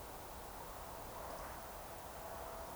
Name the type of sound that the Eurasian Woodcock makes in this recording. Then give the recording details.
whistle. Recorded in Baden-Württemberg, Germany, on 29 June 2020 at 02:29 UTC. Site 43791, 788 m above sea level